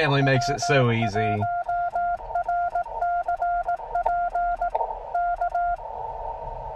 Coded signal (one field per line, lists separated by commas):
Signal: Morse code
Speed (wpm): 18 wpm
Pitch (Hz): 700 Hz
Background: speech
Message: W1RCP K